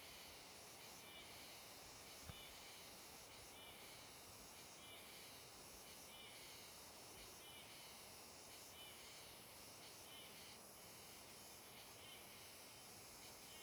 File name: Cigarra com Som Diferente na Beira do Rio